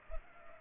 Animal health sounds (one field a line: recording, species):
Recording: mosquito wingbeat signal from an infrared sensor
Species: Culex pipiens